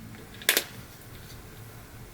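A scratched lens is pushed forward with the thumbs while two fingers pull sections of a plastic Oakley Turbine sunglass frame outward to unseat it from the frame groove. A sharp pop sounds at 0.5 s, followed by a smaller snap just after, against a quiet background. The lens releases from the frame, which is normal when removing it.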